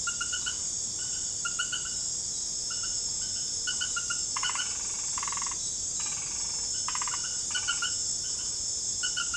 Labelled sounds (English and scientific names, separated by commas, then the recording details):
none
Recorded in secondary vegetation near Puerto Asís, Putumayo, Colombia, on 26 December 2024 at 20:00
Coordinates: 0.489, -76.322
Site G059